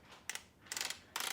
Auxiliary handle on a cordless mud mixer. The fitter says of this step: uh you can easily change the position of it by unlocking it here and then there's 16 positions that you can go as you hear each click